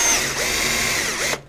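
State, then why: Stripped. A power drill drives a wood screw through plywood and keeps it spinning on purpose so the threads strip out the hole. A steady, continuous motor whine runs for about 1.3 seconds, then cuts off sharply and fades. The screw ends stripped out in the plywood, and nothing has seated or clicked.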